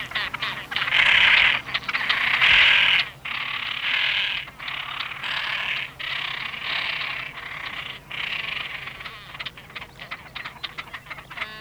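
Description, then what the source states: Great Crested Grebe producing loud, grating, drawn-out croaks in repeated bursts, later fading into softer chattering clicks. Field recording from Sweden.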